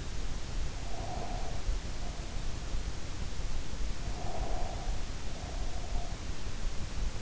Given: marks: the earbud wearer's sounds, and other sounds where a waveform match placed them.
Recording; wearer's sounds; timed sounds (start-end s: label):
sounds in sleep by an in-ear microphone; breath
0.79-2.65 s: breath
4.11-6.29 s: breath